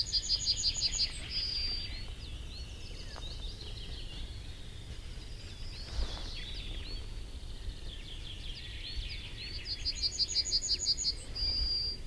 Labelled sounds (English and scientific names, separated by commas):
Yellowhammer (Emberiza citrinella)